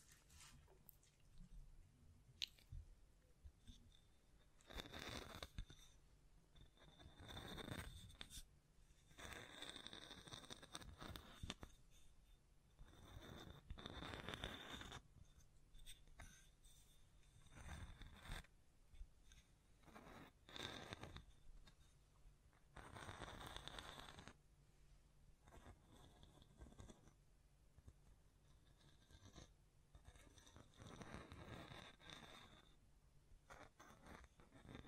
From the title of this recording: Tapping, Scratching, Mic Brushing, Hand Sounds